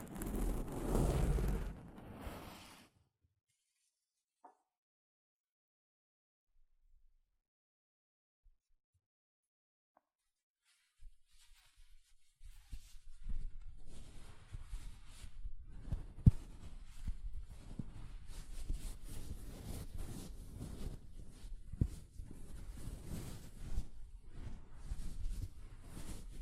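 Soft fabric brushes against a microphone, opening with a loud, low, rumbling rub that fades out by about three seconds. A near-silent gap follows with a few tiny clicks, then from around eleven seconds a continuous rustling scrape with muffled thumps runs to the end.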